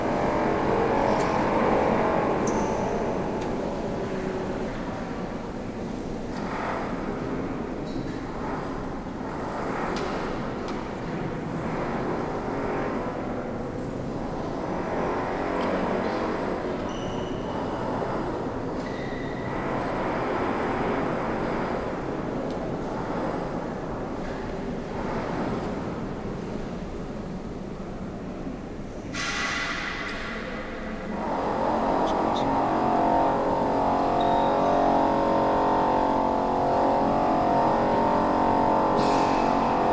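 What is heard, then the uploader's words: Renovation work in a cathedral fills the space with a dense, echoing mechanical drone and a low rumble, dotted with scattered knocks and clanks. Around the thirty-second mark a louder, steadier drill buzz takes over and holds to the end. Cadiz Cathedral renovation. They were doing work on the cathedral when we visited, with a drill buzz reverberating mightily. April 2011.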